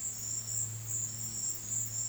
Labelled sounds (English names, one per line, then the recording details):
none
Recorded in secondary vegetation near Puerto Asís, Putumayo, Colombia, on 20 February 2024 at 14:00
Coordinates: 0.472, -76.331
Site G6371